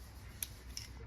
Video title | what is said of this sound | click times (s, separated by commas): Honda CR-V Mk3, Civic MK8 front wiper motor rebuild | push down on the edge and it will click into place so | 0.4 s